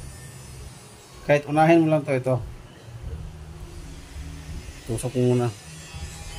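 A spring-loaded valve part fitted with its spring and o-ring is handled at the bore of the pump housing on a Greenfield 1400W pressure washer that will not draw water. Someone talks in two bursts over a low, steady hum. Nothing has seated or clicked yet.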